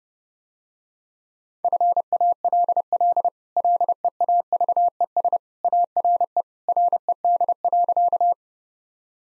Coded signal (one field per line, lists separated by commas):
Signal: Morse code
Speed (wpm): 32 wpm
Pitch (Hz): 700 Hz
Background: none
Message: FALL LEAVES ARE RED.